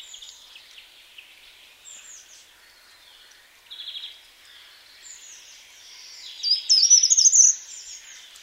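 Short-toed treecreeper: a brief, loud run of very high, thin notes near the end, preceded by fainter high chirps.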